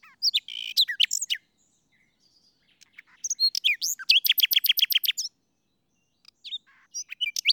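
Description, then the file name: Common nightingale song with varied chirps and whistles, then a fast rattling burst of repeated sharp notes, followed by scattered short notes. "Luscinia megarhynchos"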